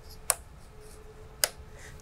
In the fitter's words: really cling to the side and pull it down and you'll hear these clicks